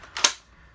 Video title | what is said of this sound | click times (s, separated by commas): Adventure force Villanator - Real Nerf Red Hood | locks into place | 0.2 s